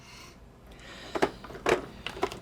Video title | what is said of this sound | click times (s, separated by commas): TI 58 Calculator Fun! | That doesn't really click in place at all. | none